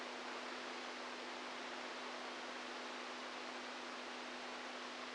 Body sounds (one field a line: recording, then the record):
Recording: brain microelectrode recording played as sound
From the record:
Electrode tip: inside the subthalamic nucleus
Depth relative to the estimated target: -2 mm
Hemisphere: right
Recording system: NeuroSet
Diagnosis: Parkinson's disease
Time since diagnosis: 10 years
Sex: male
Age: 65 years